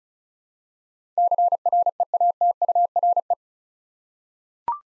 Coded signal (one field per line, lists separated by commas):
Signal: Morse code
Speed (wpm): 36 wpm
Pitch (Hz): 700 Hz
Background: none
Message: CREATURE